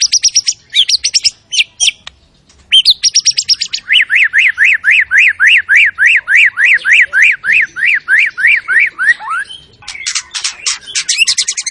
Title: PANCINGAN MURAI BATU. MURAI GACOR SUPER EDAN SEMUA MATERI DI KELUARIN COCOK BUAT DONGKRAK EMOSI. SHAMA BIRD